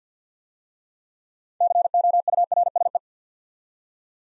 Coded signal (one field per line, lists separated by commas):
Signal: Morse code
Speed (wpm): 50 wpm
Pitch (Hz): 700 Hz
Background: none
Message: COURSE